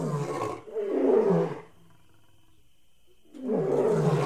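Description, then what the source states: Big cat roaring, a throaty roar, a quiet pause, then another roar. Big cat house.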